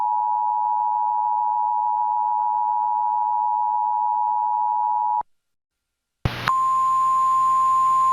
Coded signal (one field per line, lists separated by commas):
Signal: Emergency Alert System (SAME) tones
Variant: 853 and 960 Hz attention tone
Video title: [EAS Mock: S2 | #2] North Dakota AMBER Alert Test (April 14, 2004)